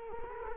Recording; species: mosquito wingbeat signal from an infrared sensor; Culex quinquefasciatus